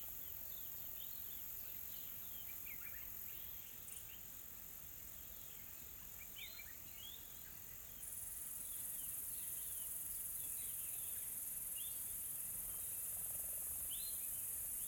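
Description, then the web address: Insects sustain a dense high-pitched hiss across the whole stretch, with many faint bird twitters scattered through it. Calm, soft insects in a tropical forest ambience in South Africa. "Sonniss com - GDC 2020-Game Audio Bundle Smart Sound FX - Nature South Africa AMBIENCE Additional Tropical Forest Soft Insects Calm"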